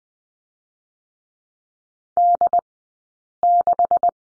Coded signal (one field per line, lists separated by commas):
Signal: Morse code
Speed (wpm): 20 wpm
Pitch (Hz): 700 Hz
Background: none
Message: D6